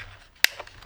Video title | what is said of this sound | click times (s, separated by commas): The One Hand Quadcopter | thing seems like I need to push it in like this yeah and then it locks and | 0.4 s